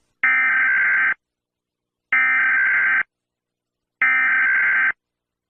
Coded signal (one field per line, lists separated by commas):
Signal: Emergency Alert System (SAME) tones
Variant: header bursts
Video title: Eas Scenario | Acid Rain in United States | Parzival